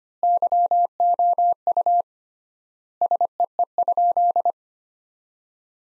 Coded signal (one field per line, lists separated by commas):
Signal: Morse code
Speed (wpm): 25 wpm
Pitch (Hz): 700 Hz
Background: none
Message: YOU SEE?